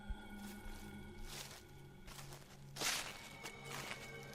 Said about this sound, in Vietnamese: Vừa được mấy bước, bên tai lại nghe thấy tiếng bước chân ở đằng sau loạt xà loạt xoạt.